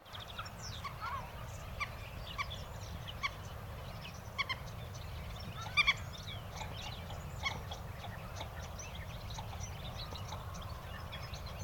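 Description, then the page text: Godwit or dowitcher calls: many short notes overlapping in a busy chatter, with a louder cluster near six seconds over a steady low rumble. "Веретенники. Большая российская энциклопедия"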